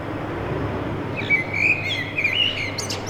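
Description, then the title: Common blackbird singing a mellow, fluty warbled phrase that ends in a high, squeaky twitter, over a low steady hum. Recorded from a balcony during Covid-19 confinement, bird singing to defend its territory; identity confirmed by a biologist. "merla"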